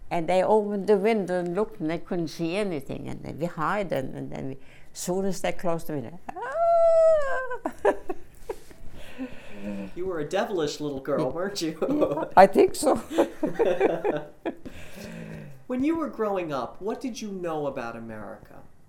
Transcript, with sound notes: And they opened the window and looked and they couldn't see anything. And then you hide and then as soon as they close the window. (again she gently shrieks and then laughs)
You were a devilish little girl, weren't you.
I think so. (they laugh)
When you were growing up, what did you know about America?